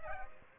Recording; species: mosquito wingbeat signal from an infrared sensor; Aedes aegypti